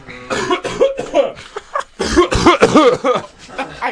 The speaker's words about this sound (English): Why is that necessary? Another cough. Another cough. I wanted for all of you to see how it feels for me to cough. You have emphysema.